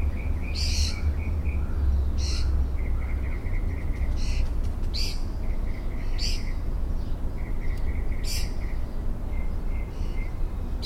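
Mockingbird song: rapid strings of repeated chirping notes alternating with harsh bursts, the pattern cycling every second or two, with low rumble beneath.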